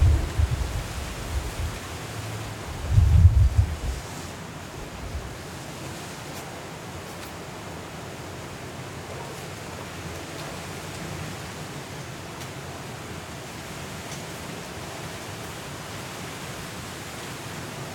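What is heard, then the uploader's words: Hurricane wind and rain roar as a steady dense hiss, with heavy low gusts rumbling in the first four seconds, then evening out. Hurricane Kay in Los Cabos at Midnight. The sound of the wind, rain and city.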